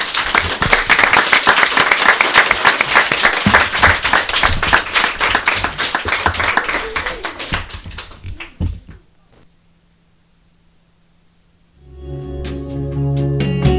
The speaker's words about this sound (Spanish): E bueno, tamén grazas a toda esa xente, a todos os rapades que estades no público, que tamén participades no Comando Lixo nos vernos en plástico. Entón, un aplauso, non, para todos vos.